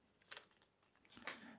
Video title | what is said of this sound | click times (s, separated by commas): How to upgrade RAM in an Apple Mac mini 2018 from 16GB to 64GB - Watch as it all goes wrong for me! | Once you hear it click, you know it's in, and we'll just take the second one. | 1.3 s